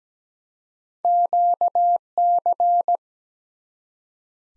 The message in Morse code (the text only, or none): QC